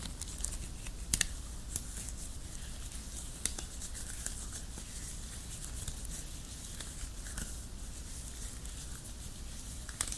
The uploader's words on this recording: ASMR LATEX GLOVES, ASMR GLOVES RUBBING, ASMR NO TALKING, JUST GLOVES SOUNDS.